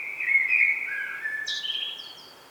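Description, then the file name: Common blackbird song: low, mellow warbling notes, then a sudden thin, squeaky twitter rising above them midway. "Turdus merula"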